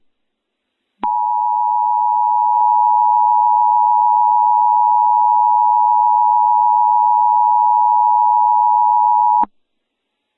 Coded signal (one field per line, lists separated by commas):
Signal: Emergency Alert System (SAME) tones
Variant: 853 and 960 Hz attention tone